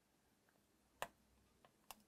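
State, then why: Seated. A flat ribbon cable connector is pressed into its board socket inside a handheld game console during a motherboard reinstall, after making sure everything lies flat; it is a very difficult connector. A sharp click at 1.0 s marks it seating into place, followed by a fainter tick near 1.6 s and another sharp tick at 1.9 s over low background noise. The connector is seated.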